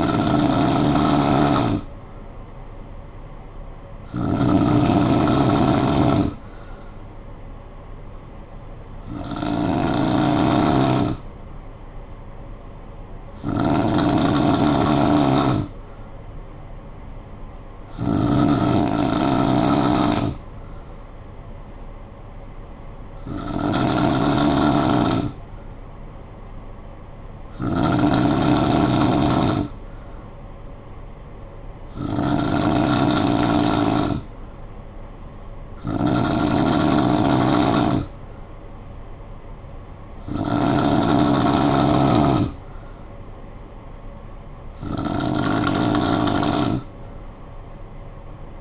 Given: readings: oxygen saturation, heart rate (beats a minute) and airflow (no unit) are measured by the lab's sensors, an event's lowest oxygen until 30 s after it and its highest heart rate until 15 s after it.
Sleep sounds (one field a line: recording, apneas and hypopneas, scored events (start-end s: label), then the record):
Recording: breathing in sleep by a smartphone at the bedside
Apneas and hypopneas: none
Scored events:
none scored
From the record:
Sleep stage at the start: N2 (light sleep)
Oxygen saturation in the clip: 92 to 93%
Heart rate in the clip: 55 to 63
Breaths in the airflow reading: 11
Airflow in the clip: -6.9 to 4.3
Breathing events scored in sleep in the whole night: 445 in 7.6 hours asleep